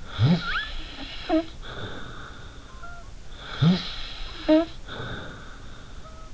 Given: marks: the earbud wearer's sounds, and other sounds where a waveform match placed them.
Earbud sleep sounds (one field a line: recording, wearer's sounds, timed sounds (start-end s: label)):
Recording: sounds in sleep by an in-ear microphone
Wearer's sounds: snoring breath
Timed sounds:
0.04-3.10 s: snoring breath
3.39-6.34 s: snoring breath